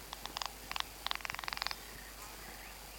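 Flappet lark wing-clapping: several short bursts of dry, rapid claps, coming closer together toward the end, then only quiet hiss.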